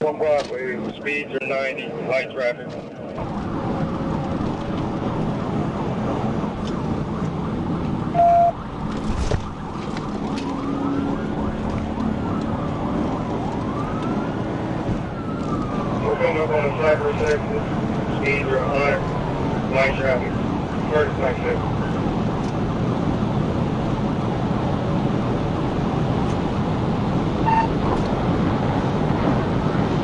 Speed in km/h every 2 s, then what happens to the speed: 135, 143, 155, 148, 126, 137, 142, 150, 161, 172, 180, 188, 196, 206, 208.
0-5 speeds up to 155. 5-10 brakes to 137. 10-30 speeds up to 208.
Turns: none.